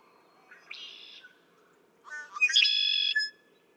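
Red-winged blackbird song: a short buzzy phrase, then a louder song of stuttering introductory notes running into a long, rich, buzzing trill.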